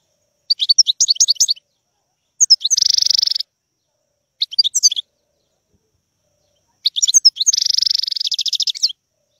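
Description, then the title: European goldfinch song: bursts of quick tinkling twitters with long buzzy, nasal trills, four phrases separated by short silences. Wild bird. "اجمل غناءالحسون الخلويchant chardonneret sauvage collection"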